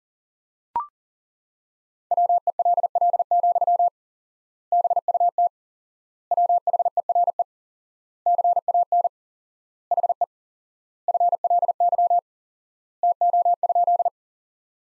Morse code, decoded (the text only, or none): WELL, BUT WHERE CAN HE FLY TO?